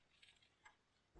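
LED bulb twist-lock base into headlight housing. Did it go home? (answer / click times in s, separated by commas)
no / none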